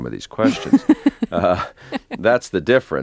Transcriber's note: laughter